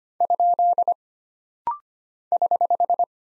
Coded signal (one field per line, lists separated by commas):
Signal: Morse code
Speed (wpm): 25 wpm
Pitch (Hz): 700 Hz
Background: none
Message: ? <HH>